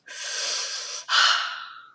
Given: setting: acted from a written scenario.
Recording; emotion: vocal sound without words; relief